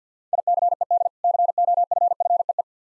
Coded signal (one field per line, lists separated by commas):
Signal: Morse code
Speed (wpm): 50 wpm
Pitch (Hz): 700 Hz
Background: none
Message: ICED COFFEE